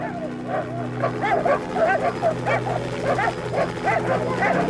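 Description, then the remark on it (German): Several dogs bark repeatedly in a rough, overlapping rhythm, with a few higher yips mixed in over a steady low hum. “Die Hunde. Vorsicht, die Hunde.”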